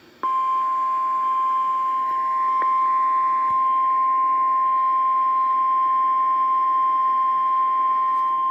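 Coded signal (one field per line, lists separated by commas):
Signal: Emergency Alert System (SAME) tones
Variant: 1050 Hz attention tone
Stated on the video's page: Required Weekly Test sent on NOAA weather radio station WXL61.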